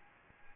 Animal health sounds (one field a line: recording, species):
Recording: mosquito wingbeat signal from an infrared sensor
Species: Aedes albopictus